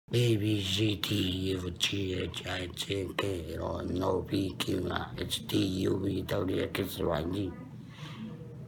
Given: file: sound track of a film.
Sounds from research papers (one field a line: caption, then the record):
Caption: The display of speaking function (J-flap)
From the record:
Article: Comprehensive Evaluation of Vocal Outcomes and Quality of Life after Total Laryngectomy and Voice Restoration with J-Flap and Tracheoesophageal Puncture